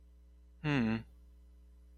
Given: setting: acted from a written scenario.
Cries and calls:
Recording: vocal sound without words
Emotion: neutral

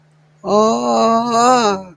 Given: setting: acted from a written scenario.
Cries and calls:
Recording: vocal sound without words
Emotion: distress

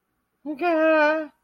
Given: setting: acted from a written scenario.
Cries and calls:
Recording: vocal sound without words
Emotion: distress

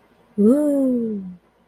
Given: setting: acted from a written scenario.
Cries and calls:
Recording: vocal sound without words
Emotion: awe

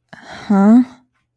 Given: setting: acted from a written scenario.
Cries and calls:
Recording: vocal sound without words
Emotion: confusion

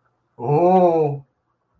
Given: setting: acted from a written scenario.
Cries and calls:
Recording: vocal sound without words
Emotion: fear

